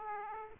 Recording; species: mosquito wingbeat signal from an infrared sensor; Aedes aegypti